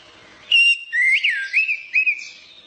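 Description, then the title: Orange-headed thrush song: clear whistled phrases that slide up and down in a warbling run, with short pauses between bursts, over a quiet background. Champion songbird, described as singing 'gacor teler doyorng' style. "Suara Burung Anis Merah Gacor Teler Doyorng Juara"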